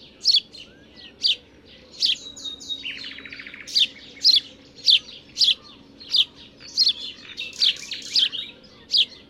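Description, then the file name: House sparrow calls: a run of sharp repeated chirps with a brief buzzy rattling phrase near two seconds, steady low hum in the background. "Passer domesticus"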